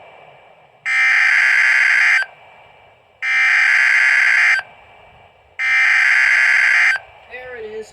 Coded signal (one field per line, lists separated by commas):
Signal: Emergency Alert System (SAME) tones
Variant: header bursts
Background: speech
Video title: STARLESS II - EAS Alerts from 5/26/24 #52-61